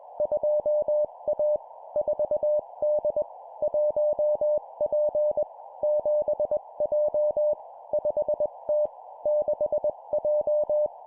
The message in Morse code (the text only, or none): 2A 4D 1P 7J 5T 6J